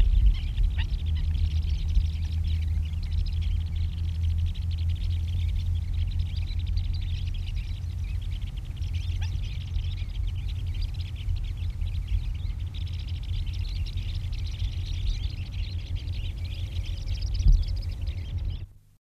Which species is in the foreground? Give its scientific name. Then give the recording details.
Calidris ferruginea. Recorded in the wild. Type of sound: call. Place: Walfischbai. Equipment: Halbspur, 9,5 cm/s. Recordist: Lütgens, Hans. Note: Rufe